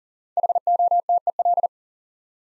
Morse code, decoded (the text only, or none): HOTEL